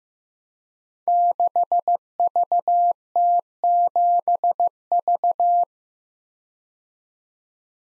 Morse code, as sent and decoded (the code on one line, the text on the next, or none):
-.... ...- - --... ...-
6VT7V